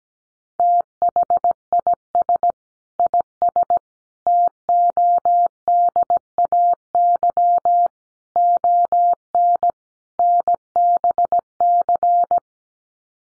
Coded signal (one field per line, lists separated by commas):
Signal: Morse code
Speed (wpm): 17 wpm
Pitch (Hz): 700 Hz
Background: none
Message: THIS IS TODAY ON NBC